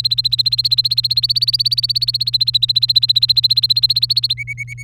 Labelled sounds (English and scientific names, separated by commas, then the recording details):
Domestic Canary (Serinus canaria) song
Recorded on 3 May 2018 at 12:10
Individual llb3